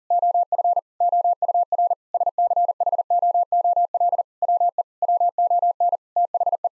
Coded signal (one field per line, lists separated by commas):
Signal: Morse code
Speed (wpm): 40 wpm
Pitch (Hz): 700 Hz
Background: none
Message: OF OUR SCHOOL WE WON THE